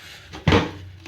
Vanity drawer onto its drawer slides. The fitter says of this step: I'll push it all the way down and no I just didn't catch on this side